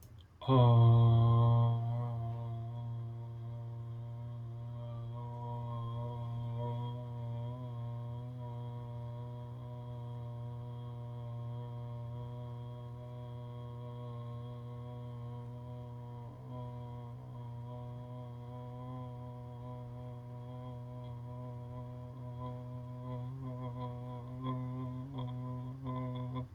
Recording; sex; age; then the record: vowel held as long as possible; male; 30 to 39 years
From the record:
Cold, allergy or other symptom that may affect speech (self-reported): no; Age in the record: 30 years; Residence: Virginia, United States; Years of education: 18